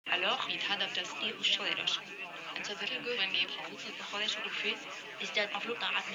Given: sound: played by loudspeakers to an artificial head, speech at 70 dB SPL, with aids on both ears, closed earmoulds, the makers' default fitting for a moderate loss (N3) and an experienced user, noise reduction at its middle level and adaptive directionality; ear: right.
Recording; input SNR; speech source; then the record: speech test signal (ISTS) in cocktail-party noise; +3 dB; in front (0 degrees)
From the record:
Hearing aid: class 1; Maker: G